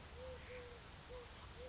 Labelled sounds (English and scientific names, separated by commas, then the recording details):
Eurasian Collared Dove (Streptopelia decaocto)
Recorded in Sonoma County, California